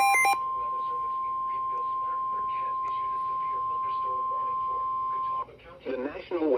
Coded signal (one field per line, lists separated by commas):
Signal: Emergency Alert System (SAME) tones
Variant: 1050 Hz attention tone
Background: speech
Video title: GSP is going crazy: EAS alerts from 7/10/26